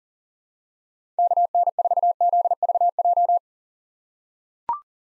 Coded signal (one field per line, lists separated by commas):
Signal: Morse code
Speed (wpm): 40 wpm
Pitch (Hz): 700 Hz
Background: none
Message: KN4ZVJ